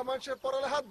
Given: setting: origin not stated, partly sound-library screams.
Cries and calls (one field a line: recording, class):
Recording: one-second piece from a danger detection set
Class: normal situation